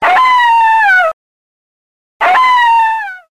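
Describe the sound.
Coyote howling: two drawn-out, harmonic, slightly falling wails, each about a second long, separated by about a second of silence.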